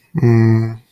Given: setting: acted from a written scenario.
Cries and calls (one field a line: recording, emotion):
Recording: vocal sound without words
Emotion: guilt